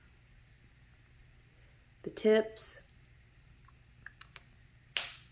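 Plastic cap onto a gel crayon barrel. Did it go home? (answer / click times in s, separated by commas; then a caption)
yes / 5.0 s. A plastic cap is pressed onto the barrel of a twist-up, water-soluble gel crayon while someone talks. A few faint ticks come first, then a sharp, bright snap at 5.0 s as the cap seats firmly.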